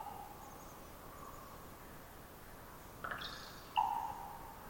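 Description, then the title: Common raven with a single brief rasping twitter followed by a short tonal pop near the end, against constant low noise. Raven perched about 50 ft up, some distance away, giving its twittery-pop call: a long trilling twitter before the pop; recorded near an oyster hatchery across the bay. "More Raven Twittering-Pop"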